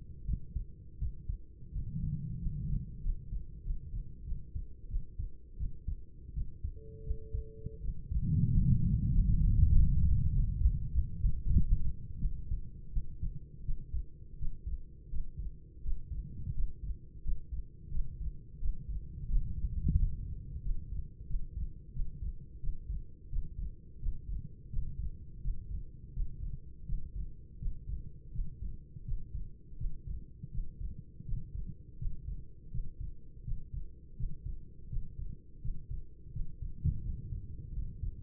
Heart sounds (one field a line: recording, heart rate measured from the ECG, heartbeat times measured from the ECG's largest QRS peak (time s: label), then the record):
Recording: heart sounds by stethoscope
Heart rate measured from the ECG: 86 bpm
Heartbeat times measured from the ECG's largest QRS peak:
0.24 s: heartbeat
0.97 s: heartbeat
1.71 s: heartbeat
2.37 s: heartbeat
3.01 s: heartbeat
3.62 s: heartbeat
4.23 s: heartbeat
4.87 s: heartbeat
5.56 s: heartbeat
6.32 s: heartbeat
7.02 s: heartbeat
7.79 s: heartbeat
8.49 s: heartbeat
9.12 s: heartbeat
9.72 s: heartbeat
10.32 s: heartbeat
10.91 s: heartbeat
11.52 s: heartbeat
12.19 s: heartbeat
12.91 s: heartbeat
13.64 s: heartbeat
14.37 s: heartbeat
15.09 s: heartbeat
15.82 s: heartbeat
16.53 s: heartbeat
17.22 s: heartbeat
17.90 s: heartbeat
18.58 s: heartbeat
19.27 s: heartbeat
19.94 s: heartbeat
20.61 s: heartbeat
21.26 s: heartbeat
21.92 s: heartbeat
22.59 s: heartbeat
23.28 s: heartbeat
23.98 s: heartbeat
24.68 s: heartbeat
25.40 s: heartbeat
26.12 s: heartbeat
26.85 s: heartbeat
27.58 s: heartbeat
28.31 s: heartbeat
29.04 s: heartbeat
29.76 s: heartbeat
30.50 s: heartbeat
31.24 s: heartbeat
31.97 s: heartbeat
32.70 s: heartbeat
33.43 s: heartbeat
34.15 s: heartbeat
34.88 s: heartbeat
35.60 s: heartbeat
36.31 s: heartbeat
37.01 s: heartbeat
37.72 s: heartbeat
From the record:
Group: healthy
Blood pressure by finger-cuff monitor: 102/56 mmHg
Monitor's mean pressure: 68 mmHg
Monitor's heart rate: 84 bpm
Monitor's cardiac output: 6.9 L/min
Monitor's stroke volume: 82 mL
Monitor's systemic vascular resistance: 700 dyn s/cm5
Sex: female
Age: 26 years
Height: 165 cm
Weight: 55 kg